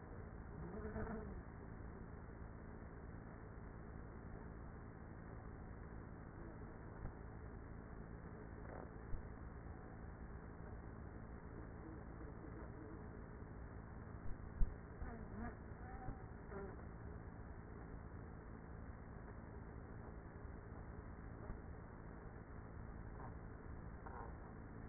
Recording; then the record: honeybee colony, microphone inside the hive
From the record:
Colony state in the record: queenless with a low population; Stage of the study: after two queens were removed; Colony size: about 30,000 bees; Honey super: no